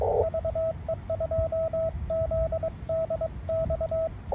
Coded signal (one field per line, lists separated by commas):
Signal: Morse code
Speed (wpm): 22 wpm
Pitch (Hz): 650 Hz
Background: radio noise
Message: VE2ZDX